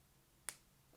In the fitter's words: this click sound you can hear, and it's very tightly secured